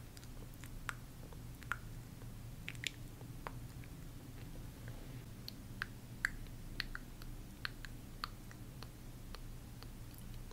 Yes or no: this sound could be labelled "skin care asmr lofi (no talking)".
yes